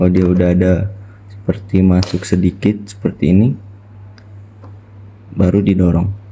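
A handpiece cable plug is lined up with the handpiece socket by twisting its top part slightly until it starts to go in, ready to be pushed. Someone talks through most of the clip, with a faint tick at 4.2 s. Nothing has seated or clicked yet.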